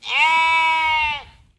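Sheep bleating: a single long, steady, nasal bleat lasting just over a second, rich in harmonics, ending abruptly with little background sound.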